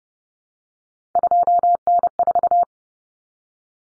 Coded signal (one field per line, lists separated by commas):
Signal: Morse code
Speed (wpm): 30 wpm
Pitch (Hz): 700 Hz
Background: none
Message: 2N4